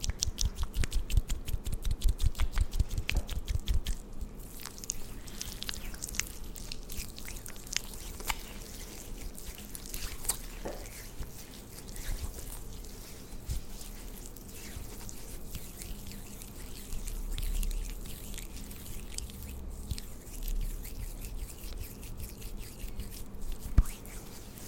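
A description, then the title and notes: Skin and hair pampering sounds, opening with a dense burst of rapid crackling clicks for about four seconds. After that the clicks thin out into scattered soft taps and wet crackles over a steady low hiss, with a sharper pop near the end. ASMR Pampering Your Skin & Hair for Fall Layered Sounds Tingly Sounds For Sleep( No Talking ).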